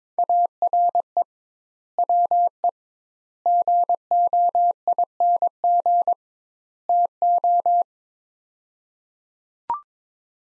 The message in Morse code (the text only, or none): ARE WE GOING TO